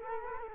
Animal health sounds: mosquito wingbeat signal from an infrared sensor; Culex quinquefasciatus

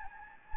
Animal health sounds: mosquito wingbeat signal from an infrared sensor; Anopheles gambiae

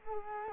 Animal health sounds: mosquito wingbeat signal from an infrared sensor; Culex quinquefasciatus

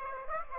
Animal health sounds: mosquito wingbeat signal from an infrared sensor; Aedes aegypti

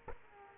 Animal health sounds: mosquito wingbeat signal from an infrared sensor; Aedes aegypti

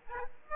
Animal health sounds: mosquito wingbeat signal from an infrared sensor; Aedes aegypti

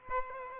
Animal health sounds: mosquito wingbeat signal from an infrared sensor; Aedes aegypti

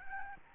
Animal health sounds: mosquito wingbeat signal from an infrared sensor; Aedes albopictus

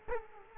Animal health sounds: mosquito wingbeat signal from an infrared sensor; Culex quinquefasciatus

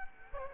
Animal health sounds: mosquito wingbeat signal from an infrared sensor; Culex quinquefasciatus

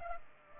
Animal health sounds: mosquito wingbeat signal from an infrared sensor; Culex pipiens

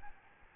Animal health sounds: mosquito wingbeat signal from an infrared sensor; Aedes albopictus

